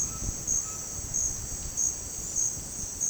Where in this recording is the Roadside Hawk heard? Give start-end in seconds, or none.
none